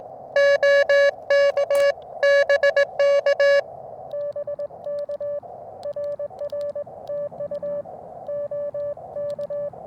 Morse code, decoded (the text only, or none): OK BK BK RR TU OK